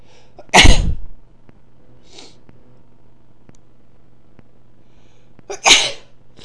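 An adult female sneezes twice, each sneeze a sharp, loud broadband burst, with quiet between them.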